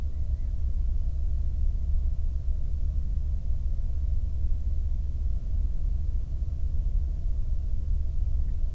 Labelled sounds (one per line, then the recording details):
near silence
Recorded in the Prudhoe Bay oil fields, Alaska, on 22 May 2019 at 01:08
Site 19